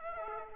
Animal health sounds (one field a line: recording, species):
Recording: mosquito wingbeat signal from an infrared sensor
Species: Aedes aegypti